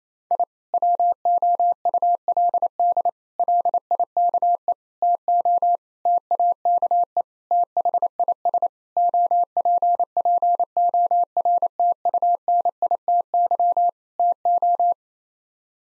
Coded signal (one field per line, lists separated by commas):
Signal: Morse code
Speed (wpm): 28 wpm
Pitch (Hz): 700 Hz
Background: none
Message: I WOULD LIKE TO TAKE THIS OPPORTUNITY TO